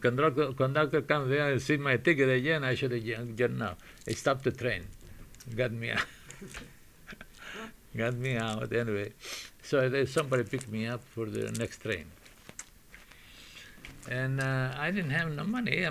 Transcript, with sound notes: When conductor -- conductor comes in and see my ticket again, I should get up. They stopped the train and got me out. ( he laughs ) Got me out, anyway. So somebody picked me up for the next train. And, uh, I didn't have no money.